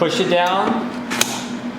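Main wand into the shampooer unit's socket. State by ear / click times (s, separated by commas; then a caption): seated / 1.2 s. Someone talks while the main wand is pushed down into the socket of a Prolux Storm shampooer attachment for Rainbow E Series 1 & 2 speed vacuums. A sharp click at 1.2 s marks the wand seating, and the click shows it is locked in.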